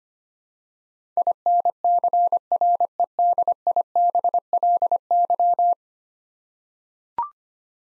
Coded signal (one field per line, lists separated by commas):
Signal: Morse code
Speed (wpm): 25 wpm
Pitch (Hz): 700 Hz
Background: none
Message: INCREDIBLY